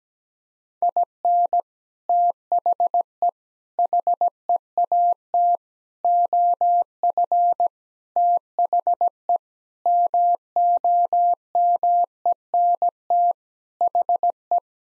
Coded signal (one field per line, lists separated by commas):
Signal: Morse code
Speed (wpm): 17 wpm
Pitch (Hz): 700 Hz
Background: none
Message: IN THE HEAT OF THE MOMENT HE